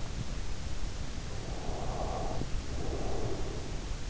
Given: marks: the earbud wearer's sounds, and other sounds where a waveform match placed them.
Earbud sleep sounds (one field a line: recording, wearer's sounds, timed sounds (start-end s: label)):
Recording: sounds in sleep by an in-ear microphone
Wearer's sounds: breath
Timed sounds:
0.52-3.13 s: breath